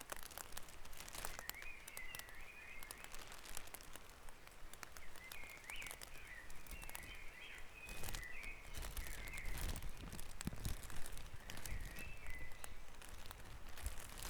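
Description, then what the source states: Birdsong from a dawn chorus, bursts of jumbled twittering phrases repeated several times, with crackling clicks and a low rumbling background throughout. Dawn chorus recorded on Back Dragon Avenue, Harrogate, as part of the Sound Map of Harrogate.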